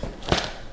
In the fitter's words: there we go I hear the click the chair is locked and it will not fold down on us